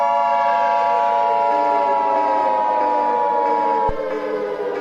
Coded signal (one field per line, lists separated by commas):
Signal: Emergency Alert System (SAME) tones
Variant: 853 and 960 Hz attention tone